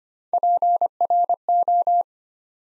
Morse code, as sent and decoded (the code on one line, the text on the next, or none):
.--. .-. ---
PRO